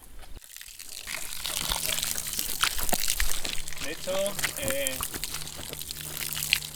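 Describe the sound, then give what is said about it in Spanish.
Feet knead wet earth and water into a mud mix, making a steady run of irregular squelches and sloshes, with a person speaking briefly over the messy, continuous splashing. “Y eso hay una técnica que es por el sonido que hacen los pies.”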